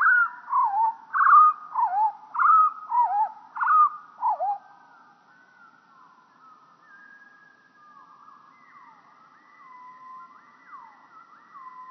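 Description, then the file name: European pied flycatcher song, lowered in pitch: a quick run of several bouncing, swooping whistled notes, then faint drawn-out sliding tones. "GOBEMOUCHE NOIR"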